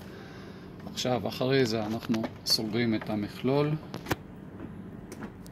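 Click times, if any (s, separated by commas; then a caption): 4.1 s. Someone talks while closing the plastic print mechanism assembly of a Datamax E-Class MIII label printer, pressing it down with two fingers after loading label stock. A sharp click at 4.1 s is the assembly latching closed, and a few faint ticks follow.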